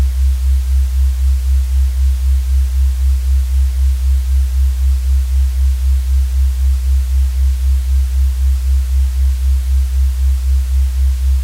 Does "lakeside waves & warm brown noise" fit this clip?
no